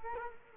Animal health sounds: mosquito wingbeat signal from an infrared sensor; Culex quinquefasciatus

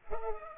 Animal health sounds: mosquito wingbeat signal from an infrared sensor; Culex pipiens

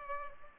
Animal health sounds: mosquito wingbeat signal from an infrared sensor; Culex pipiens

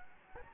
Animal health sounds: mosquito wingbeat signal from an infrared sensor; Anopheles gambiae

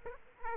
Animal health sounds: mosquito wingbeat signal from an infrared sensor; Aedes aegypti

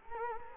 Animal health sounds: mosquito wingbeat signal from an infrared sensor; Culex quinquefasciatus

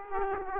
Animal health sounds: mosquito wingbeat signal from an infrared sensor; Aedes aegypti

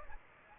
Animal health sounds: mosquito wingbeat signal from an infrared sensor; Aedes aegypti

